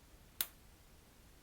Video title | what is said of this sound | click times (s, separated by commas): AirPods Pro 3 : How to Pair With iPhone + All Features | Once the click is heard, it means it's safely | 0.4 s